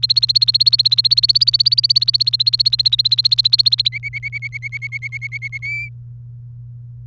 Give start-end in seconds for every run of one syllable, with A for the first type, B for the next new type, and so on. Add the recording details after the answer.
0.00-3.88 A, 3.92-5.58 B, 5.62-5.89 C. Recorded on 28 April 2018 at 07:52. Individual llb3